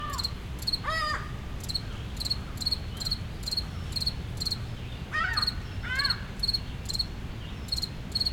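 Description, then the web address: Cricket chirping in rapid, regular high pulses, with a few gull calls breaking in and a low city drone underneath. Single cricket in a city park in Montreal, Canada, with seagulls and city rumble in the background. "Nature in the City AMB PARK Solo Cricket, Seagulls, City Rumble, Montreal, Canada"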